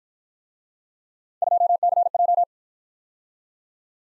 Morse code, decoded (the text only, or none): 2CJ